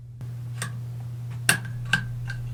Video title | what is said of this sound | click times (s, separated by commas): Maverick 88 Takedown and Reassembly | you'll know when it seats it makes a very satisfying clicking sound once | 1.5 s